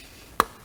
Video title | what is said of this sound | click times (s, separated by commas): 2014 Chevy Cruze Diesel fuel injector removal and install | there we go it's a little click | 0.4 s